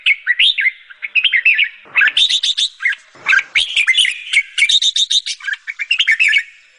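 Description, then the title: Sooty-headed Bulbul song of busy, chattering chirps and liquid slurred notes, delivered in dense rapid phrases with a couple of short gaps. "Suara Burung Kutilang"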